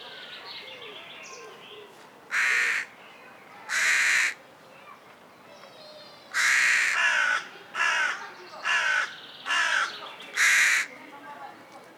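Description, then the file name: Carrion crow cawing in a hoarse series: two spaced caws, then a longer drawn caw followed by four shorter caws in quick succession. "Corvus corone"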